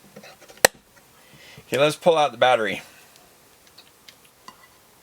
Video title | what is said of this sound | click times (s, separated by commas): 3 in 1 meter from Hantek handheld Oscilloscope | but I thought there might be another position for this but it doesn't seem to be but it does have a pretty positive clicking action | 0.7 s